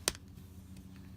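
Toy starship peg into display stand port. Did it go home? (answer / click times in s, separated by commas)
yes / 0.1 s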